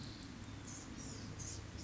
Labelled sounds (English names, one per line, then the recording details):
Blue-gray Gnatcatcher
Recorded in Sonoma County, California